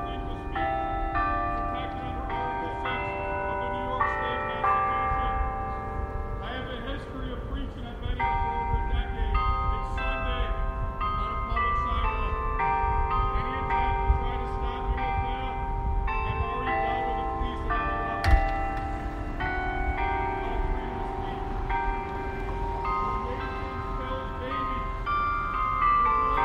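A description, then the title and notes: Bells ring in a dense, continuous tangle of overlapping tones, struck again every second or so and left to hum and decay into one another. A low, steady rumble runs underneath throughout, with a sharp louder hit near eighteen seconds. LOUD BELLS!!!! I recorded this one morning in Syracuse NY, while trying to get the church bells there was this wonderful contrast of a man protesting against or with them. Strange Contrast of Bells and Yells.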